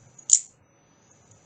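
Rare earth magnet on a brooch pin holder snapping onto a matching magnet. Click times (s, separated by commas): 0.3 s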